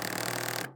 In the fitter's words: 이런 소리가 난다고 아까 말한 나머리가 다 망가지는 야마가 나가는 현상이 나온다는 거야.